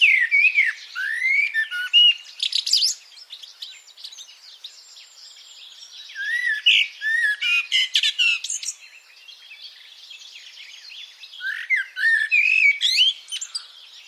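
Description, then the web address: Bird song in bursts of rapid twittering and whistled notes, with short quiet gaps between the busy phrases. "Deverinetal. Bird Only"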